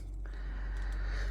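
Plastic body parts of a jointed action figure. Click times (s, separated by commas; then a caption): 0.3 s. Plastic body parts of a jointed 12-joint mecha action figure with a Three Kingdoms theme are pressed down against the floor to fully seat them. A short, sharp thump lands at 0.3 s over a steady low background hum. The parts seat home.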